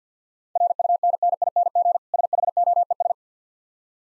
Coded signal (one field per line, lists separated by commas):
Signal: Morse code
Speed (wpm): 50 wpm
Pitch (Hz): 700 Hz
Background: none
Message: RUNNING SHOES